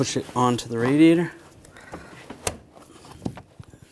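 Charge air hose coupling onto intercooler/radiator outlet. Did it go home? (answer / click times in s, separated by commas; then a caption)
yes / 2.5 s. Someone talks as a charge air hose quick-connect coupling is pushed onto the intercooler/radiator neck of a 2009-2017 Volkswagen Tiguan during an intercooler replacement. A sharp click at 2.5 s marks the coupling locking in place, seated, followed by a few faint taps.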